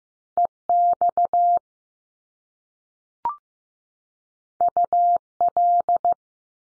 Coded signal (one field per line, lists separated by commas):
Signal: Morse code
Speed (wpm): 15 wpm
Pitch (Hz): 700 Hz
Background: none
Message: E XU L